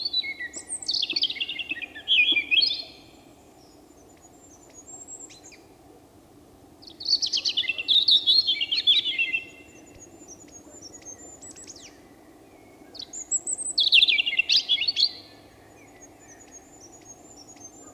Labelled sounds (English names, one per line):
European Robin song